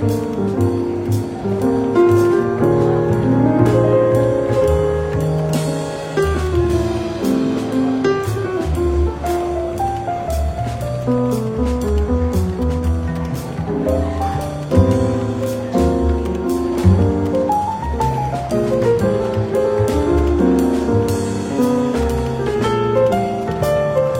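Soft, relaxed jazz plays in a lightly busy London bookshop café. Steady notes move through the low and middle range with a walking bass line, while frequent short clicks and taps break through the whole 24 seconds; loudness holds even throughout.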